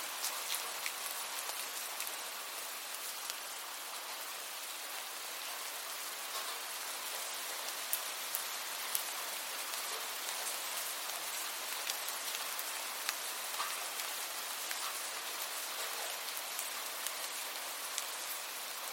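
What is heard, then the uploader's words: Rain falls steadily in a dense, even patter, with countless small drops blending into a bright hiss. Occasional sharper drop taps stand out briefly throughout, but the level stays constant with no low rumble or other sounds. The soothing patter of raindrops.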